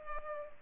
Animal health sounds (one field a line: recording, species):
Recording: mosquito wingbeat signal from an infrared sensor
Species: Culex pipiens